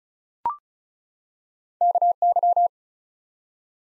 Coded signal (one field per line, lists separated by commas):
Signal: Morse code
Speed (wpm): 36 wpm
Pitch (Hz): 700 Hz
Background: none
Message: KY